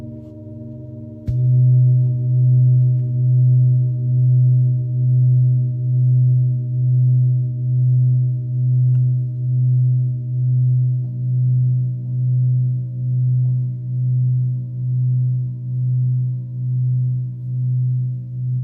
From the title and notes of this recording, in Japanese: メキシコからシンギングボウルをお届け。